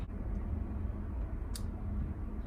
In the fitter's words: I don't know if you guys heard that, but it did click inside.